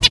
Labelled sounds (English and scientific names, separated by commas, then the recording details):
Zebra Finch (Taeniopygia guttata) hat call
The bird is a male
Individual mal2